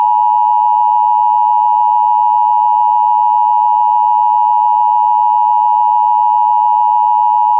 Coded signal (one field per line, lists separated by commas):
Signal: Emergency Alert System (SAME) tones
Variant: 853 and 960 Hz attention tone